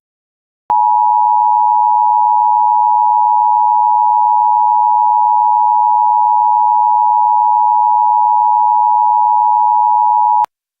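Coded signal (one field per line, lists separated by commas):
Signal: Emergency Alert System (SAME) tones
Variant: 853 and 960 Hz attention tone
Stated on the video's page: Fictional flash flood watch based on a real event, not a live alert.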